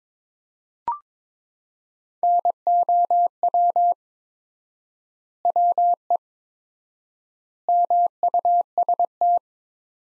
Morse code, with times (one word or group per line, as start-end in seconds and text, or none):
2.2-3.9 NOW
5.5-6.2 WE
7.7-9.4 MUST